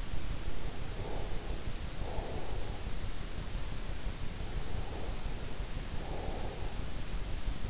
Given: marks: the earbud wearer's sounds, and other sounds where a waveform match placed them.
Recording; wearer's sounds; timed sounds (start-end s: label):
sounds in sleep by an in-ear microphone; breath
0.15-3.81 s: breath
4.33-7.70 s: breath